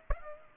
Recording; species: mosquito wingbeat signal from an infrared sensor; Aedes aegypti